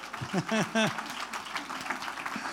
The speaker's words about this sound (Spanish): Fuerte ese aplauso, hermano querido.